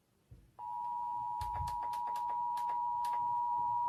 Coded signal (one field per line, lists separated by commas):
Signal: Emergency Alert System (SAME) tones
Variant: 853 and 960 Hz attention tone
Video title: EAS Test (2021/3/24)